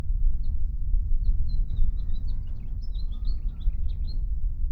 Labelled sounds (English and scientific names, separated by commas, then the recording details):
House Finch (Haemorhous mexicanus) song
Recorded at Atlantic Beach West on Long Island, New York, on 2 June 1975
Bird C